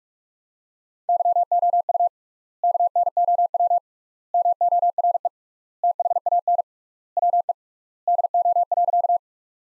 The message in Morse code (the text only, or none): YOU KNOW MORE THAN WE DO.